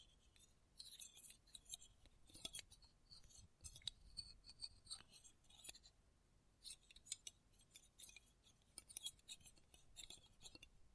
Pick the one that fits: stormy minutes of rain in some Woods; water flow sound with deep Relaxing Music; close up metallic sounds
close up metallic sounds